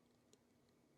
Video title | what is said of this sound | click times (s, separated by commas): Midgards (Bolt Action) Carbine Rifle Knife | it clicks into place it really snaps into place | 0.3 s